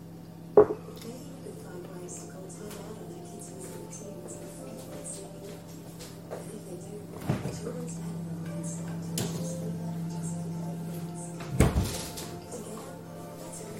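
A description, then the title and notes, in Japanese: A morning kitchen with a steady low hum running under everything, likely an appliance heating water. Sharp clinks of dishes or cupboard knocks land near the start, around seven seconds, and again near twelve, with faint murmuring voices from a television. 9am at the kitchen。ステレオ音声。DR-07X #TASCAM #オーストラリア #バイノーラル #PCM。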